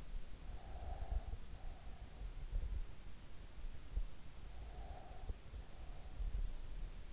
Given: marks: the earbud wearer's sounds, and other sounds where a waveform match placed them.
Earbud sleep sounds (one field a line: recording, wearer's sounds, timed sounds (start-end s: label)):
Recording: sounds in sleep by an in-ear microphone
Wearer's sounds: breath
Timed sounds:
0.44-2.08 s: breath